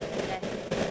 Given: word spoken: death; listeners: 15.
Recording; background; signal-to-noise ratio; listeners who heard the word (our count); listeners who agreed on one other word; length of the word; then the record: one English word in noise, from a listening test; noise modulated by three-talker babble; -6.1 dB; 2 of 15; 7 of 15; 0.51 s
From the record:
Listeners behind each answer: 7, 2, 2, 1, 1, 1, 1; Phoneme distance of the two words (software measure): 27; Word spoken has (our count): 1 syllable, 3 phonemes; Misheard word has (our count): 1 syllable, 4 phonemes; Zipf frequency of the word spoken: 5.14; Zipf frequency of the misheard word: 5.06